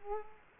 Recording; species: mosquito wingbeat signal from an infrared sensor; Culex quinquefasciatus